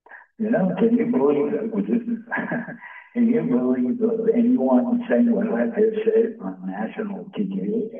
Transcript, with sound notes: You know, can you believe that we're just (laughs) , can you believe anyone saying what I just said on national TV?